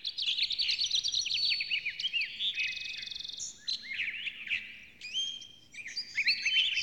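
Bird song, a fast jumble of high twittering notes, sharp downslurs, a short buzzy trill and clear whistles, delivered nearly nonstop with a brief lull near the end.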